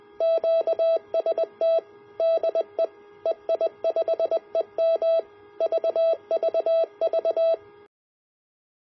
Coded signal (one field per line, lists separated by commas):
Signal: Morse code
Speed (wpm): 20 wpm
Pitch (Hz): 660 Hz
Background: none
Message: QST DE EI5EM VVV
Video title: A Regulated Voltage Rechargeable Battery Power Source for Portable QRP Operation